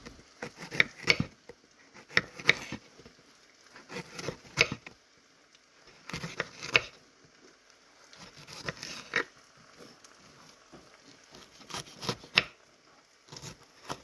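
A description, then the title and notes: Eggs and bell peppers frying, heard as short clusters of crackling, scraping bursts that come roughly every two seconds, each lasting about a second. Bright, crisp pops ride over a low thud, and the gaps between bursts are nearly silent. Frying eggs and Bell Peppers.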